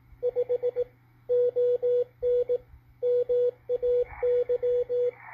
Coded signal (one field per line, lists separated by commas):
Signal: Morse code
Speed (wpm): 19 wpm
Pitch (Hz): 490 Hz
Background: radio noise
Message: 5 ON MAY